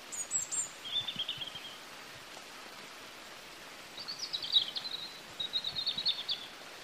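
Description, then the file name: European robin song: a short high phrase and a lower one at the start, then after a pause two longer bursts of quick, thin, jangling notes, with light background hiss throughout. "Erithacus rubecula"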